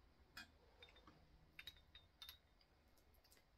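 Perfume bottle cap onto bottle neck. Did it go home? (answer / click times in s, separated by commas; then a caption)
no / none. The cap of an Afnan Turathi Purple perfume bottle is fitted back onto the bottle neck, with a few small handling ticks and clinks around 0.4, 0.8, 1.6, 1.7, 2.2 and 2.3 s. The cap does not click on and nothing has clicked; it only rests on top, so it would fall off if the bottle were turned over.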